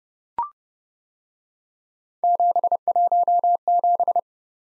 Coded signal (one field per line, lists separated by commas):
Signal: Morse code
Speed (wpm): 31 wpm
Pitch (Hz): 700 Hz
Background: none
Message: 717